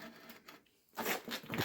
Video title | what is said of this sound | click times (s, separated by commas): Lexivon Miter Saw Protractor LX-230 | clicks in walking in place | 1.5 s